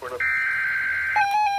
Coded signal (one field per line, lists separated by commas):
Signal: Emergency Alert System (SAME) tones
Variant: header bursts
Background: speech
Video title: Severe T-Storm Warning (10/20/16) (EAS #97)